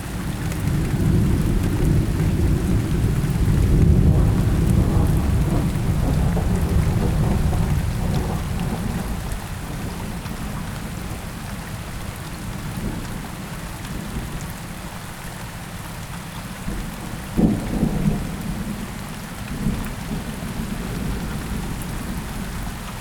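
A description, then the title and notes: Heavy rain pours steadily throughout, a dense hiss over a deep, rolling rumble of thunder that is loudest in the first eight seconds and then eases. Around seventeen seconds a sharper crack of thunder breaks through, followed by a softer rumble near twenty seconds. Rain and Hard Thunder. You will hear heavy rain and thunder.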